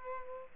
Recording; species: mosquito wingbeat signal from an infrared sensor; Culex pipiens